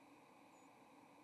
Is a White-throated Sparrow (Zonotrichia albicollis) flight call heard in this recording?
no